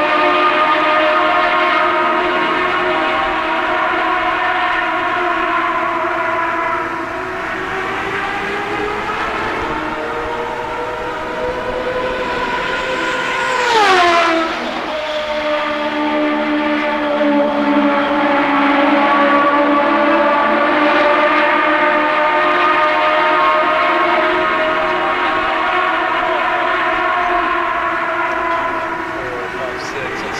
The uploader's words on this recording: Pre-season testing for CART IndyCar Series teams at the one-mile Phoenix International Raceway oval where the glorious 2.65-liter turbocharged V8 engines rage. Cars from the Toyota Atlantic Championship and Indy Lights take turns lapping the daunting bullring.